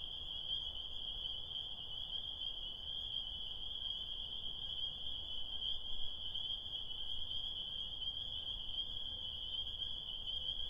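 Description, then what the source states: Spring peepers in full chorus, an unbroken shrill ringing of countless overlapping peeps, steady throughout, above faint low rumble. Tiny frogs singing their desire on a spring night, heard on the way home from recording in Connecticut.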